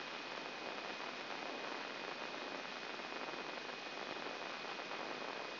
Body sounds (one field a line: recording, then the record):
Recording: brain microelectrode recording played as sound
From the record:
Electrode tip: inside the subthalamic nucleus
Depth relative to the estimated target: -2 mm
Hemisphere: right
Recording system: AlphaMap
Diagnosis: Parkinson's disease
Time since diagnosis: 9 years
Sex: male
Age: 68 years